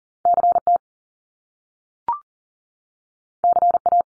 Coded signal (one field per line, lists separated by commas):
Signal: Morse code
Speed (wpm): 40 wpm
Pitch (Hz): 700 Hz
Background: none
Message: CT CA